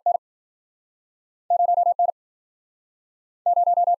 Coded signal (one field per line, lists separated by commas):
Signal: Morse code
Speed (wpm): 53 wpm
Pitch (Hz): 700 Hz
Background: none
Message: N0 N0